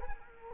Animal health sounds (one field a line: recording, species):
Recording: mosquito wingbeat signal from an infrared sensor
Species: Culex quinquefasciatus